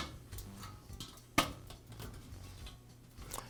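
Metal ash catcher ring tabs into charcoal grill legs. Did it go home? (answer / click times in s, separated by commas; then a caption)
yes / 1.4 s. A new metal catch ring for a charcoal grill's ash catcher (Weber part #65143), lined up with the clean-out handle and grates, is pushed down so its tabs snap into place beneath the grill legs. A loud, sharp snap at 1.4 s marks one tab seating, followed by a couple of fainter ticks around 3.3–3.4 s over low background noise.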